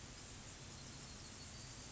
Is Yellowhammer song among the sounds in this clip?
no